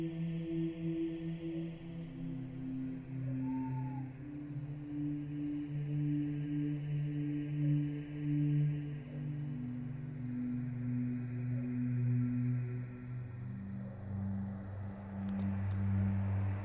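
Night insects in a chapel graveyard keep up a thin, steady, softly pulsing chirr that fades out near the end. Low, sustained humming tones dominate underneath, shifting slowly in pitch. A single brief call rises around four seconds.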